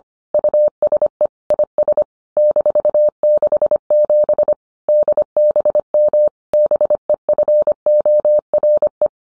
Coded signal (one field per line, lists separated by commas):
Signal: Morse code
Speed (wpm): 25 wpm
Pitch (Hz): 600 Hz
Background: none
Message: USE IS -67 DBM BEFORE